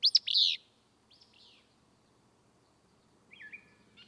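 Willow flycatcher: a single loud, burry two-part song, then soft buzzy notes and a brief slurred whistle.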